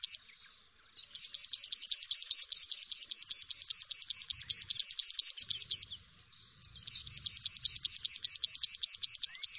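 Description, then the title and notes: Prinia delivering rapid, high, metallic note series in two long bursts with a brief gap, plus a faint low rumble in the background. Complete prenjak song, including the ngerol song style. "Suara Kicau Burung Prenjak Lengkap dan Ngerol"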